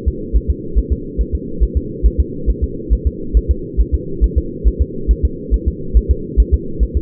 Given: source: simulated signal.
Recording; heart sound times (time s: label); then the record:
fetal heart sounds
0.08 s: S2
0.36 s: S1
0.50 s: S2
0.78 s: S1
0.92 s: S2
1.21 s: S1
1.35 s: S2
1.63 s: S1
1.77 s: S2
2.06 s: S1
2.20 s: S2
2.50 s: S1
2.64 s: S2
2.93 s: S1
3.07 s: S2
3.37 s: S1
3.51 s: S2
3.80 s: S1
3.94 s: S2
4.24 s: S1
4.38 s: S2
4.68 s: S1
4.81 s: S2
5.11 s: S1
5.25 s: S2
5.54 s: S1
5.68 s: S2
5.97 s: S1
6.11 s: S2
6.40 s: S1
6.54 s: S2
6.83 s: S1
6.97 s: S2
From the record:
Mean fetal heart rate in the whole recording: 140 bpm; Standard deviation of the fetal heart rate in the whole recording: 2 bpm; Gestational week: 34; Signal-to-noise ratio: -4.3 dB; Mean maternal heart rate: 72 bpm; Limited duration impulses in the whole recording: absent